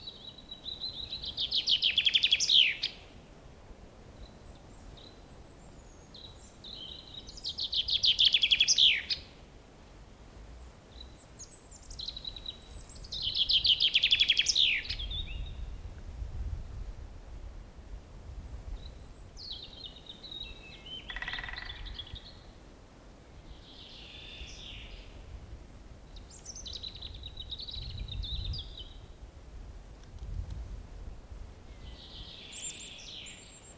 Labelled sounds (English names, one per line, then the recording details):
Common Chaffinch song
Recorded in the wild
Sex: male
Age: adult
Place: Mühlenbecker Wald, Brandenburg, DE
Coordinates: 52.6833, 13.4
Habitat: pine stand
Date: 1987-04-19 10:48
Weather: sunny, 15°C
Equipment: Nagra SN, Kopie Tesla B 116
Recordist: Tembrock, Günter